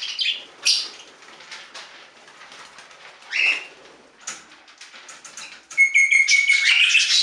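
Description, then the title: Budgerigar calls, scattered soft chirps and scratchy notes, then a burst of loud buzzy warbling chatter in the final second and a half. "Budgie Sounds"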